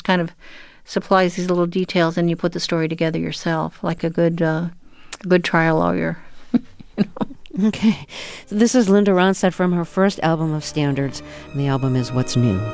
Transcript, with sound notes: It just kind of supplies these little details, and you put the story together yourself like a good trial lawyer.
(Laughter) OK. This is Linda Ronstadt from her first album of standards. The album is "What's New?"